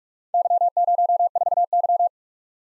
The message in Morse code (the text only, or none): Y04Y